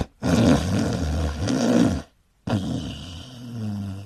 This episode of the White Noise Podcast is A MAN SNORING.